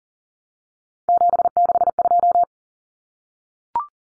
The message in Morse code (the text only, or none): 762